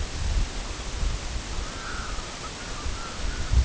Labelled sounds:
Red-throated Loon (Gavia stellata)
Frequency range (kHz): Red-throated Loon (Gavia stellata) 0.9-2.1 kHz
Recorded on Arctic tundra, site EABA-1, on 23 June 2018
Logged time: 22:00

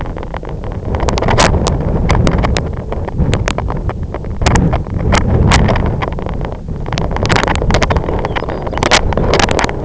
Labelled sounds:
Lapland Longspur (Calcarius lapponicus)
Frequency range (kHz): Lapland Longspur (Calcarius lapponicus) 2.7-5.5 kHz
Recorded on Arctic tundra, site IGLO-F, on 25 June 2018
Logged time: 14:00

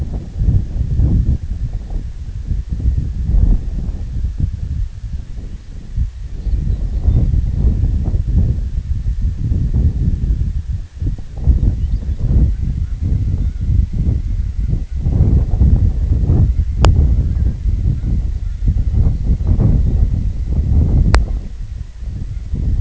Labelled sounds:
Lapland Longspur (Calcarius lapponicus), unidentified sound
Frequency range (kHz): Lapland Longspur (Calcarius lapponicus) 2.5-5.5 kHz
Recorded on Arctic tundra, site IGLO-D, on 25 June 2018
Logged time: 08:00

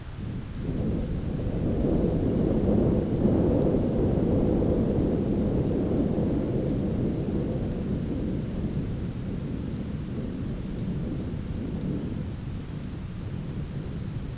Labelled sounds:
none
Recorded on Arctic tundra, site ZACK-1, on 9 June 2019
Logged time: 17:49

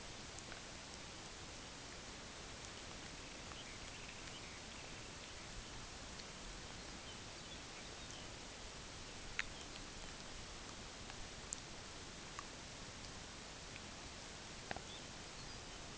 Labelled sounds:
Long-billed Dowitcher (Limnodromus scolopaceus), unidentified sound
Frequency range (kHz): Long-billed Dowitcher (Limnodromus scolopaceus) 1.1-4.0 kHz
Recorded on Arctic tundra, site UTQI-8, on 15 June 2019
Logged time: 22:00

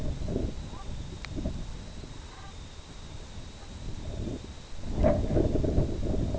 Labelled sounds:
Brent Goose (Branta bernicla)
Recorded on Arctic tundra, site IGLO-B, on 23 June 2018
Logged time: 11:59

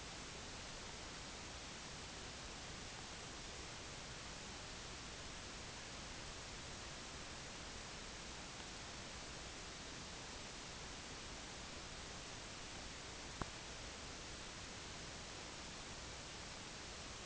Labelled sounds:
none
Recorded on Arctic tundra, site IGLO-D, on 16 June 2018
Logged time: 12:00

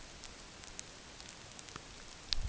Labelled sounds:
none
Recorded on Arctic tundra, site NAIT-1, on 27 June 2019
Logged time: 20:00

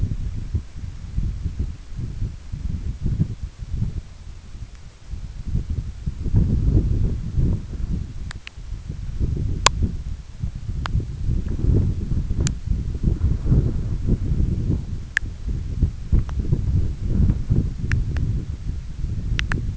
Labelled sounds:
none
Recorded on Arctic tundra, site EABA-1, on 21 June 2018
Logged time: 02:00

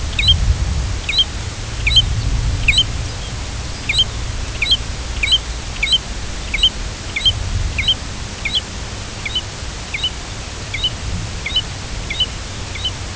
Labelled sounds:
American Golden-plover (Pluvialis dominica), Lapland Longspur (Calcarius lapponicus)
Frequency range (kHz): Lapland Longspur (Calcarius lapponicus) 2.9-5.9 kHz
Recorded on Arctic tundra, site UTQI-2, on 10 June 2019
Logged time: 16:00

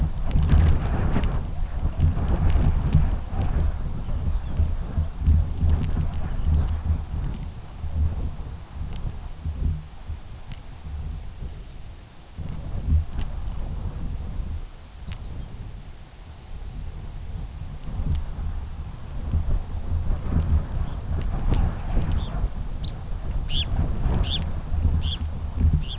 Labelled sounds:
Lapland Longspur (Calcarius lapponicus), unidentified sound, Red Phalarope (Phalaropus fulicarius)
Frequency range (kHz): Lapland Longspur (Calcarius lapponicus) 2.1-5.8 kHz; Red Phalarope (Phalaropus fulicarius) 1.6-5.0 kHz
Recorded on Arctic tundra, site UTQI-2, on 17 June 2019
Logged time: 06:00

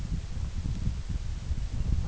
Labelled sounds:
none
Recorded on Arctic tundra, site UTQI-8, on 9 June 2019
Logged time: 18:00

